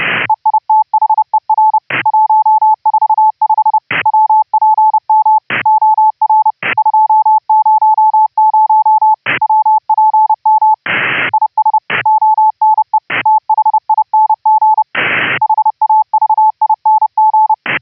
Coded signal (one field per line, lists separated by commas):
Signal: Morse code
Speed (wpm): 30 wpm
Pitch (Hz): 870 Hz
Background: radio noise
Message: EITHER 145 WPM OR 200 WPM IS ONE THING HAVING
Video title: HAM RADIO - Remote RIG WIRELESS "audio OVER ip" using GStreamer pipelines - laptop to Raspberry PI